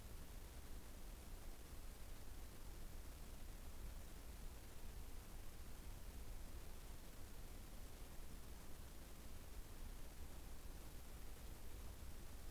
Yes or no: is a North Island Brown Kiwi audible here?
no